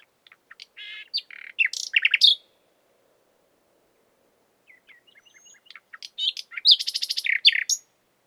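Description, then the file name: Common nightingale singing two phrases of mixed chirps, whistles and quick repeated notes, with a silent pause between them. "Luscinia megarhynchos"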